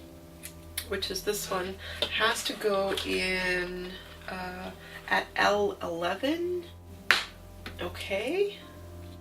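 Someone talks while handling a plastic starter peg to push it into hole L11 of a plastic wire-bending jig board, with a few brief handling taps heard along the way. The peg needs two clicks, an easy first one and a second that holds it in so it doesn't fall straight out, but nothing has seated or clicked yet.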